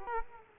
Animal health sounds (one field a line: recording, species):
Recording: mosquito wingbeat signal from an infrared sensor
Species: Culex quinquefasciatus